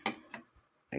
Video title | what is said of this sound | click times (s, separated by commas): #How to thread kenmore 158.152 sewing machine# kenmore 158.141 | you take see these little notches here they click under | 0.1 s